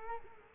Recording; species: mosquito wingbeat signal from an infrared sensor; Culex quinquefasciatus